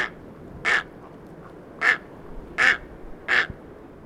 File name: Dimorphic egret